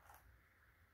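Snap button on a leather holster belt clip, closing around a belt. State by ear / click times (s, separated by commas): not seated / none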